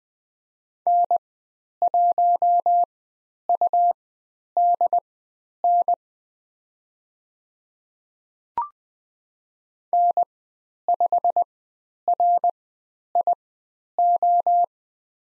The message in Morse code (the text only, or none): N1UDN N5RIO